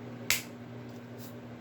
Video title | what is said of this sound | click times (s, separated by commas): Keeps Minoxidil & Finasteride Unboxing, Recorded Novembet 1st! | There goes the snap. | 0.3 s